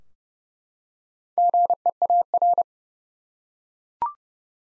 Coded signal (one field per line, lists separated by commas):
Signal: Morse code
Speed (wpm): 30 wpm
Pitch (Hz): 700 Hz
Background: none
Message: GEAR